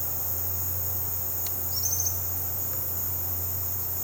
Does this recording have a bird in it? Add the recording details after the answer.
yes. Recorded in pastures near Puerto Asís, Putumayo, Colombia, on 12 March 2025 at 15:30. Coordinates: 0.466, -76.322. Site CSA-02